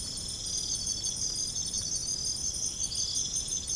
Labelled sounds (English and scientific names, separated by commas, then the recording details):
none
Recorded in secondary vegetation near Puerto Asís, Putumayo, Colombia, on 22 December 2024 at 00:00
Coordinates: 0.468, -76.324
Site G095